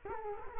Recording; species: mosquito wingbeat signal from an infrared sensor; Culex quinquefasciatus